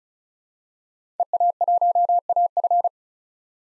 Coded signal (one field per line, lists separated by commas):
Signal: Morse code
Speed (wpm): 34 wpm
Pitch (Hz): 700 Hz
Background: none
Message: EA1AF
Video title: 2023 POTA Hunter Call Signs - 35wpm